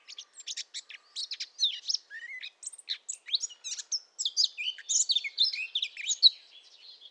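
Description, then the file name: Eurasian blackcap warbling song of rapid varied chips and slurred whistles, louder in its second half. "Sylvia atricapilla"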